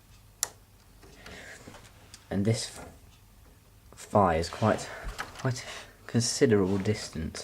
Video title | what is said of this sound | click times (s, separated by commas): LEGO Death Star 10188 Review | and you just place it back to there you'll hear the click. | 0.4 s